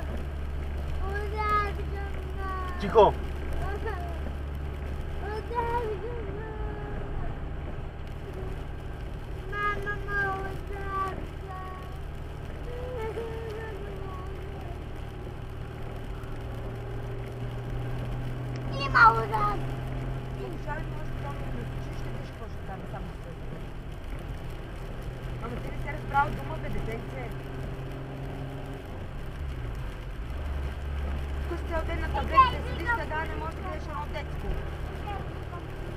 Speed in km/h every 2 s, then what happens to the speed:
42, 41, 43, 41, 44, 45, 44, 45, 47, 50, 51, 48, 49, 52, 54, 53, 55, 57.
0-13 steady at about 43. 13-19 speeds up to 51. 22-36 speeds up to 57.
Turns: none.